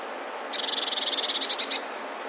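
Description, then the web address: Eurasian blue tit song, a single fast high trill lasting about a second, the notes growing louder toward the end. "wroblowe teka modraszkoteka"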